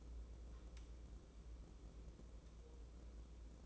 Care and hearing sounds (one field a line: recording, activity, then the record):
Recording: daily activity, microphone in the room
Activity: take from stove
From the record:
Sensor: 1